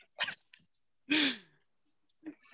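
An adult woman imitates a stifled sneeze, showing how she instinctively held one in.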